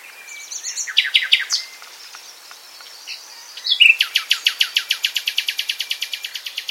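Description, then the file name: Common nightingale song: a jumbled burst of chirps, a pause, then a long series of sharp, rapidly repeated notes. "Luscinia megarhynchos"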